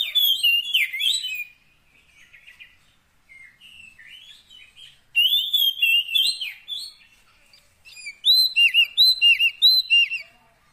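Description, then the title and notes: Oriental magpie-robin song: a loud whistled burst, then quiet softer notes, then a rich phrase, ending with a series of repeated, evenly spaced whistles. Long-duration fill-in (isian) song, meant to get a magpie-robin singing actively day and night. "Kacer Jadi Gacor Siang Malam. Isian Kacer Durasi Panjang"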